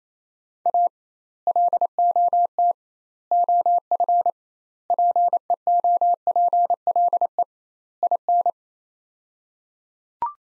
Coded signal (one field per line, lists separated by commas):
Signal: Morse code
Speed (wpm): 27 wpm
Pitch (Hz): 700 Hz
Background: none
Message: A LOT OF PEOPLE IN